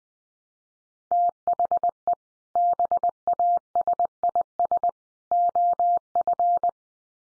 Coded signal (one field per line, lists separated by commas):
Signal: Morse code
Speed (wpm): 20 wpm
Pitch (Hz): 700 Hz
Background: none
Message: THE BASIS OF